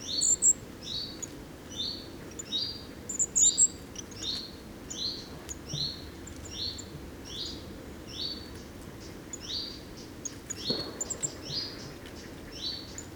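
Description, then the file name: Common firecrest: thin, very high notes, with a repeated series of short down-slurred notes lower down and a faint low background hiss. Recorded at Drössling on 21 September 2013. "Sommergoldhaehnchen 21 09 2013 Droessling STA Michle Peron"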